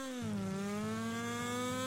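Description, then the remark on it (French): A car engine hums steadily with a rich buzzing drone, its pitch dipping briefly and then rising slowly as it sweeps across the stereo field. The sound stays loud and even throughout, with no voices. “on a l'impression qu'il y a une voiture qui traverse la pièce”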